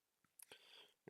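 The plastic back casing of a Samsung Galaxy A13 5G is squeezed and snapped back onto the phone's frame, working around the edges from the side with the power and volume buttons. Sharp snaps ring out at 0.4 s and 1.1 s, with a short stretch of handling noise between them. The casing is seated and the gap has closed.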